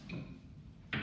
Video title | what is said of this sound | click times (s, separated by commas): Saw Stop Table Saw Intro | locks in place it has | 0.9 s